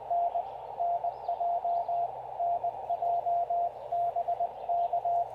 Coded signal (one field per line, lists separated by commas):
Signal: Morse code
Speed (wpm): 21 wpm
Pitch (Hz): 690 Hz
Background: none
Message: N NJ NJ B K